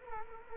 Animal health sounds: mosquito wingbeat signal from an infrared sensor; Culex quinquefasciatus

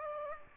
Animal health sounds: mosquito wingbeat signal from an infrared sensor; Aedes aegypti

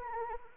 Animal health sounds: mosquito wingbeat signal from an infrared sensor; Anopheles arabiensis

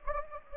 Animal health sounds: mosquito wingbeat signal from an infrared sensor; Anopheles gambiae

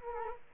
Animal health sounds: mosquito wingbeat signal from an infrared sensor; Culex quinquefasciatus

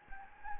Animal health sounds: mosquito wingbeat signal from an infrared sensor; Anopheles gambiae

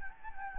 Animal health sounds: mosquito wingbeat signal from an infrared sensor; Anopheles gambiae

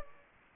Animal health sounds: mosquito wingbeat signal from an infrared sensor; Aedes aegypti

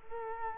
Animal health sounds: mosquito wingbeat signal from an infrared sensor; Culex quinquefasciatus

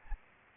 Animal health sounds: mosquito wingbeat signal from an infrared sensor; Aedes aegypti

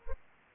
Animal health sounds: mosquito wingbeat signal from an infrared sensor; Aedes aegypti

